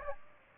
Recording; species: mosquito wingbeat signal from an infrared sensor; Aedes aegypti